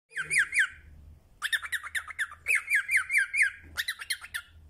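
Cockatiel calls: quick runs of sharp, squawky chirps, then bursts of repeated falling notes with short pauses between groups.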